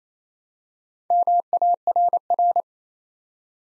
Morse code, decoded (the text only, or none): MARR